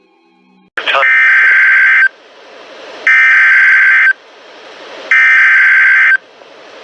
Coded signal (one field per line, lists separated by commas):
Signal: Emergency Alert System (SAME) tones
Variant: header bursts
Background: speech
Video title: NOAA Radio (EAS # 631-649) Alerts From 3/9/19